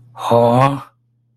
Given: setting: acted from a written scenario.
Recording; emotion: vocal sound without words; negative surprise